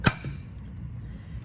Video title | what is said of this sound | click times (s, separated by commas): CPAP Machine -- AtHome Medical | then you push down till your hear a click | 0.1 s